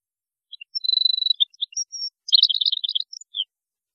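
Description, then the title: European goldfinch song: a thin, high sustained note, scattered chirps, then a quick jumble of liquid twittering notes. "Chant Chardonneret"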